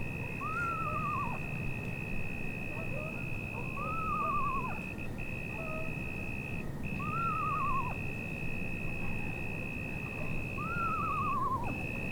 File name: Megascops asio